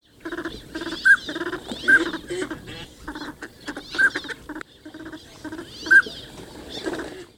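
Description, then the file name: Northern pintail calls: bursts of nasal, low chattering notes with four brief, clear whistles spread through them. "Pintail"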